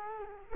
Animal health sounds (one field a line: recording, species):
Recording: mosquito wingbeat signal from an infrared sensor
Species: Culex quinquefasciatus